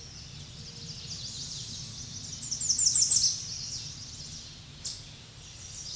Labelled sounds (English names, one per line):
American Redstart song